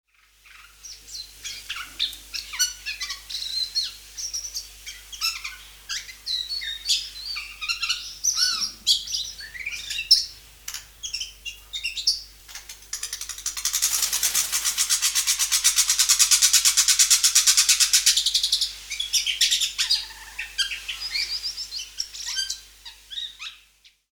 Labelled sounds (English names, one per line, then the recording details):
Javan Whistling-Thrush
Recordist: Tembrock, Günter
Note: Gesang zweier Vögel